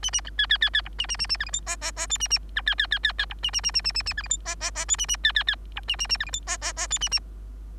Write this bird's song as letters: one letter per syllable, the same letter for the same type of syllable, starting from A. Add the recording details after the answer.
A A B C C C C D A A A A E F G H H H I A A B C C C C C D A A A A A A A E F G H H H I A A C C C D A A A E F G H H H I A A. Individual Bird3